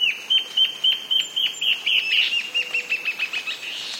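Antbird duet: loud, evenly spaced down-slurred whistled notes that speed up into a dense, rattling series.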